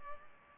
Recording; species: mosquito wingbeat signal from an infrared sensor; Culex pipiens